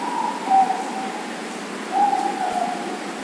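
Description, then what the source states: Morepork giving two hoots against continuous background hiss. Four moreporks calling.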